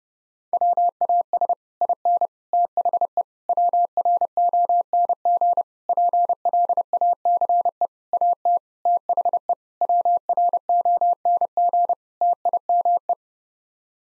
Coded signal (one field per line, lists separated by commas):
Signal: Morse code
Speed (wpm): 30 wpm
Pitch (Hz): 700 Hz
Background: none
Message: WAS IN THE WRONG PLACE AT THE WRONG TIME